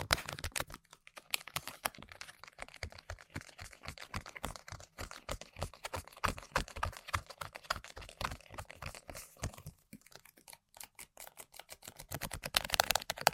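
Rapid tapping and scratching on objects, a dense run of sharp clicks that sounds much like typing on a keyboard. The taps come in quick irregular bursts with brief pauses around one and ten seconds, growing louder and crisper near the end.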